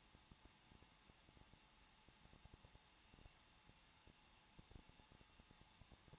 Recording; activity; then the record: daily activity, microphone in the room; no activity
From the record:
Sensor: 1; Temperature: 20.1 degrees Celsius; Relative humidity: 39.4%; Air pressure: 1006.4 hPa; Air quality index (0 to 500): 220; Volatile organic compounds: 83 ppm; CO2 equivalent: 3630 ppm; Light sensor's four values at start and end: 1/2/1/1 and 1/2/1/1